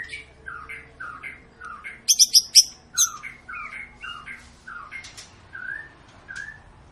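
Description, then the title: White-rumped shama singing softly: repeated short slurred whistles and a brief burst of sharp high clicks, over background noise. Long lure song of a white-rumped shama, used to make other birds sing. "Pancingan Murai Batu Gacor Panjang"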